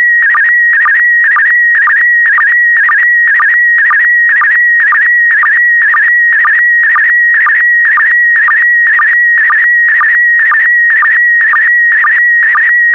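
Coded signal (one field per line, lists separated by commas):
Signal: SSTV (slow-scan television)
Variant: PD120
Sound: steady high whistle broken by quick warbling chirps about twice a second, about 26 in all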